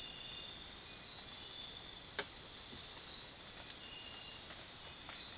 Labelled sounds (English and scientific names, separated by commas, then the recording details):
none
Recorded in secondary vegetation near Puerto Asís, Putumayo, Colombia, on 23 June 2025 at 04:00
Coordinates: 0.499, -76.323
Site G077